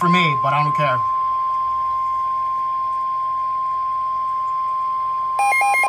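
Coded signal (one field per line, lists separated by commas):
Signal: Emergency Alert System (SAME) tones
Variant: 1050 Hz attention tone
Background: speech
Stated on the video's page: Two live Severe Thunderstorm Warnings received on NOAA weather radio station KHB38.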